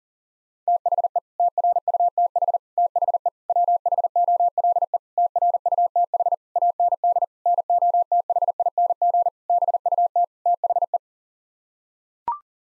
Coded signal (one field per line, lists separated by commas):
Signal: Morse code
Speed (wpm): 40 wpm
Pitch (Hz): 700 Hz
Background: none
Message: THE TRUTH THE WHOLE TRUTH AND NOTHING BUT THE